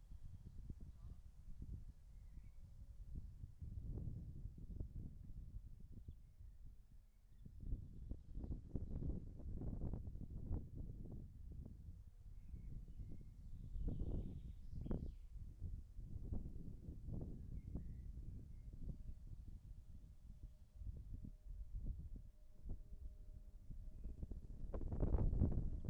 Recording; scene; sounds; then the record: everyday scene through a hearing-aid microphone; wind on the microphone; wind, birds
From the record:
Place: in front of a rural house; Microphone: behind the ear, right, rear